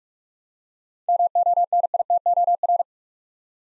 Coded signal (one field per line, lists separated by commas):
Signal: Morse code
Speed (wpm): 41 wpm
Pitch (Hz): 700 Hz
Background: none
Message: MONITOR